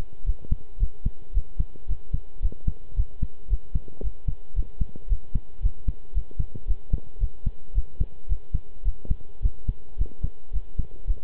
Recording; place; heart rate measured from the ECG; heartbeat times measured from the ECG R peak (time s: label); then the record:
heart sounds by stethoscope; between the tricuspid and mitral areas; 111 bpm
0.26 s: heartbeat
0.80 s: heartbeat
1.34 s: heartbeat
1.88 s: heartbeat
2.42 s: heartbeat
2.96 s: heartbeat
3.50 s: heartbeat
4.03 s: heartbeat
4.55 s: heartbeat
5.09 s: heartbeat
5.62 s: heartbeat
6.14 s: heartbeat
6.67 s: heartbeat
7.20 s: heartbeat
7.75 s: heartbeat
8.29 s: heartbeat
8.85 s: heartbeat
9.42 s: heartbeat
9.98 s: heartbeat
10.53 s: heartbeat
11.07 s: heartbeat
From the record:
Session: pedaling a stationary bicycle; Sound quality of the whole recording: good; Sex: male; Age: 23 years